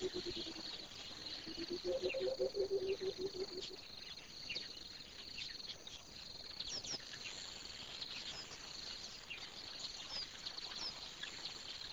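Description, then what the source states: Coucal giving a series of deep, hollow hooting notes over a few seconds, over a steady hiss of insects and small birds chirping. Recorded at a pond in the morning.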